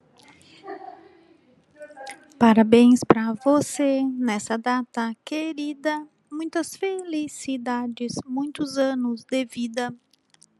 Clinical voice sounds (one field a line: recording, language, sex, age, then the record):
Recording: short text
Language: Brazilian Portuguese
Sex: female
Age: 50 to 59 years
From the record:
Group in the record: control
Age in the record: 51 years